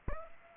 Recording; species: mosquito wingbeat signal from an infrared sensor; Aedes aegypti